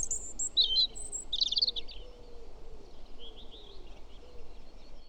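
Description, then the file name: European robin song: a high, thin whistled phrase with quick warbled notes, then a softer trailing series, against constant low rumbling noise. "Erithacus rubecula"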